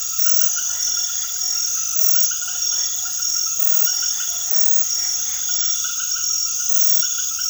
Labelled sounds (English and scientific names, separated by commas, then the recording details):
none
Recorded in secondary vegetation near Puerto Asís, Putumayo, Colombia, on 19 February 2024 at 21:30
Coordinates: 0.500, -76.326
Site G6428